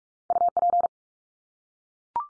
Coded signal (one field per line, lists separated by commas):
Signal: Morse code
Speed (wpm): 44 wpm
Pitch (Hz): 700 Hz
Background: none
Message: UP